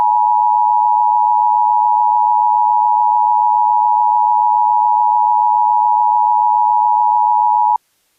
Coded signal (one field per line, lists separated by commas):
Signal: Emergency Alert System (SAME) tones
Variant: 853 and 960 Hz attention tone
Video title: [EAS] "1984": A Realistic Nuclear Attack Scenario (Reuploaded With Commercials & News Segments)